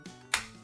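A Samsung Galaxy S7 Edge is plugged onto the charging-port connector of a Gear VR headset, and the opposite side clamp is pressed down around the phone's plastic and glass body. Over quiet background music, a soft faint sound comes first, then a sharp, bright click at 0.3 s as the clamp snaps into place and the phone is seated.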